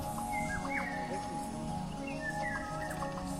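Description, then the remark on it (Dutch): A golden oriole perched in tree branches sings two short, fluting whistled phrases, a second apart, over a steady background of rushing noise and low rumble. “Maar er zijn een heleboel vogels die in mijn takken zitten. Onder andere de wielenwaal.”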